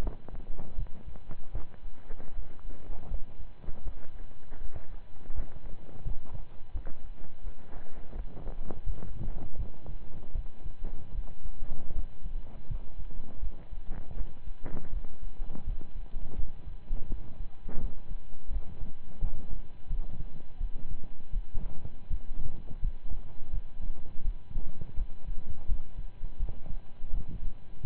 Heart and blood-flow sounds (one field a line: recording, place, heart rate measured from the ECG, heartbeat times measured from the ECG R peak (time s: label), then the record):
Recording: heart sounds by stethoscope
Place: between the tricuspid and mitral areas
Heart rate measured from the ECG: 82 bpm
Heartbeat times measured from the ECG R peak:
0.00 s: heartbeat
0.75 s: heartbeat
1.51 s: heartbeat
2.31 s: heartbeat
3.08 s: heartbeat
3.82 s: heartbeat
4.58 s: heartbeat
5.32 s: heartbeat
6.02 s: heartbeat
6.71 s: heartbeat
7.41 s: heartbeat
8.12 s: heartbeat
8.83 s: heartbeat
9.56 s: heartbeat
10.32 s: heartbeat
11.12 s: heartbeat
11.92 s: heartbeat
12.66 s: heartbeat
13.39 s: heartbeat
14.13 s: heartbeat
14.90 s: heartbeat
15.64 s: heartbeat
16.35 s: heartbeat
17.07 s: heartbeat
17.78 s: heartbeat
18.49 s: heartbeat
19.19 s: heartbeat
19.87 s: heartbeat
20.57 s: heartbeat
21.30 s: heartbeat
22.07 s: heartbeat
22.79 s: heartbeat
23.50 s: heartbeat
24.22 s: heartbeat
24.94 s: heartbeat
25.65 s: heartbeat
26.37 s: heartbeat
27.10 s: heartbeat
27.82 s: heartbeat
From the record:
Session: slow and fast walking with breaks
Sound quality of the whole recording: saturated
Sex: male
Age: 25 years